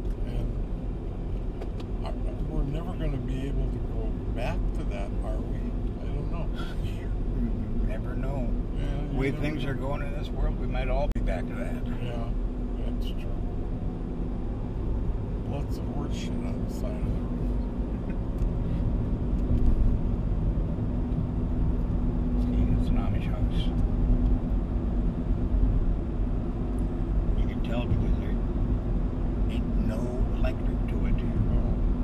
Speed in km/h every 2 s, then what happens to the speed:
38, 40, 42, 44, 44, 45, 48, 52, 56, 59, 62, 63, 64, 64, 64, 64.
0-19 speeds up to 62. 19-32 steady at about 64.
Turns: none.